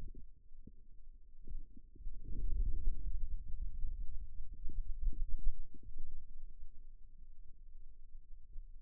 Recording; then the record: forearm muscle sounds (acoustic myography)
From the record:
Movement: ulnar deviation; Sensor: system 2, bracelet of six BSWA MPA416 microphones around the upper forearm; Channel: 5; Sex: male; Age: 22 years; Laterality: right